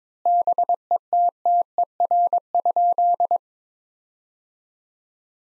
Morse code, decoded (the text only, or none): BETTER?